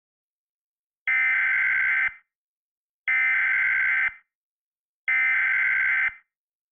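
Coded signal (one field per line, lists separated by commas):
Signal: Emergency Alert System (SAME) tones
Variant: header bursts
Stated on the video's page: This is a fictional alien-invasion EAS scenario.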